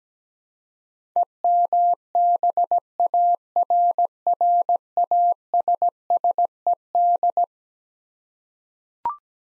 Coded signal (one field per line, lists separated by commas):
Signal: Morse code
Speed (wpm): 17 wpm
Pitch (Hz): 700 Hz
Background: none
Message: EMBARRASSED